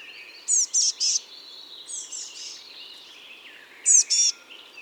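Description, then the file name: Eurasian blue tit giving a burst of three loud, buzzy notes, a softer trill, then two more loud notes near the end. "Cyanistes caeruleus"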